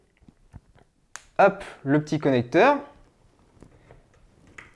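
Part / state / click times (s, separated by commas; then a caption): 6-pin power connector into graphics card power socket / seated / 4.6 s. Someone talks while a plastic 6-pin PCIe power connector is pushed fully home into the power socket of an AMD Radeon RX 5700 XT graphics card in a Razer Core X, so that its latch can be heard. Small handling taps sound beforehand, then a sharp latch click comes at 4.6 s as the connector seats.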